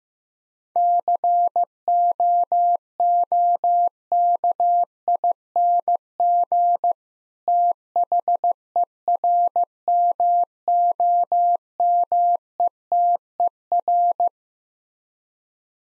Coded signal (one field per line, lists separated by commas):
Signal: Morse code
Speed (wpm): 15 wpm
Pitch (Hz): 700 Hz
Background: none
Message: COOKING THERMOMETER